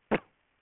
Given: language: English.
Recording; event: throat vibration sensor signal played as sound; cough